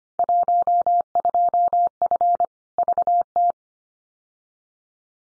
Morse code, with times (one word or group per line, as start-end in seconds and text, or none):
0.2-2.5 12F
2.8-3.5 VT